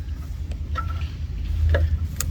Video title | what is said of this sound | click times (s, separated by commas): C8 Center Exhaust Installation Guide by LeMans Edition THE BEST Center Exhaust 727-519-8093 | all the way in until it clicks so you so you should be able to pop that safety clip right back in place | 2.2 s